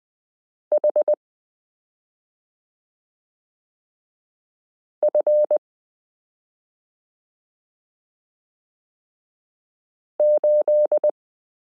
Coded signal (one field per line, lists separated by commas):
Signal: Morse code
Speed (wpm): 20 wpm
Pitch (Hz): 600 Hz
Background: none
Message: HF8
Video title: Morse Code Learning Lesson 29 - f (0)zero y (,)comma v g 5 (/)slash q 9 z h 3 8